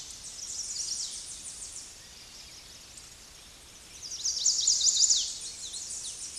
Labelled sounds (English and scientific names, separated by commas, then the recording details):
Chestnut-sided Warbler (Setophaga pensylvanica) song
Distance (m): 10 m
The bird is about 5 m below the microphone
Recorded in a Pennsylvania forest on 16 May 2024 at 08:36
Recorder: AudioMoth, point MSD-1405
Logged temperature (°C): 15.6 °C
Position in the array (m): 169 m, 192 m